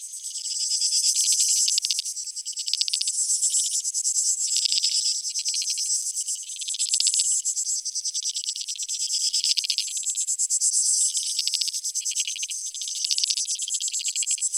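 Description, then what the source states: Insects giving a continuous shrill, pulsing chorus, fairly even in loudness with small flickering peaks, no other sounds audible. Creek insects; field recording from Australia or Portugal, made in 2011, part of a collaborative soundwork; some recordings were left unaltered and others processed.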